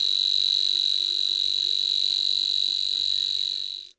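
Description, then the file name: Savi's warbler reeling song: a continuous, even, high buzzing reel that runs unbroken throughout, then stops abruptly. "BRZECZKA"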